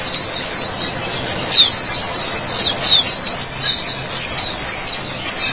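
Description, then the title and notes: White-eye twittering song in short rapid bursts of high, sliding chirps separated by tiny pauses. "Suara kicauan burung pleci"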